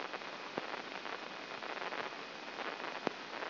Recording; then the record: brain microelectrode recording played as sound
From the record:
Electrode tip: inside the subthalamic nucleus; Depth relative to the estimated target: 2 mm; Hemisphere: left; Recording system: AlphaMap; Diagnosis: Parkinson's disease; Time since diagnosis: 11 years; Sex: male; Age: 56 years